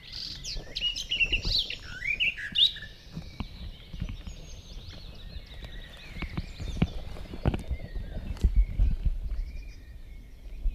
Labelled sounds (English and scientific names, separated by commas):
Barred Warbler (Sylvia nisoria) song